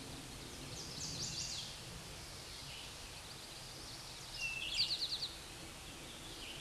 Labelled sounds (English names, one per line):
Eastern Towhee song